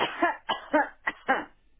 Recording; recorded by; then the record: voluntary cough; telephone call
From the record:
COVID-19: positive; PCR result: checked with the laboratory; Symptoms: no